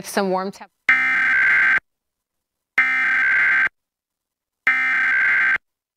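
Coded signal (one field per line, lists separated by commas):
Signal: Emergency Alert System (SAME) tones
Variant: header bursts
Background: speech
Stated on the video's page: Nationwide EAS test broadcast on KABC-TV.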